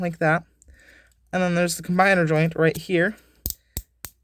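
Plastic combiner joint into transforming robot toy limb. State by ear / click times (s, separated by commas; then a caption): seated / 3.5 s, 4.1 s. A plastic combiner joint is pressed into the limb of a plastic transforming robot toy while someone talks. Sharp plastic clicks ring out at 3.5 s and 4.0 s, and the joint clicks into place.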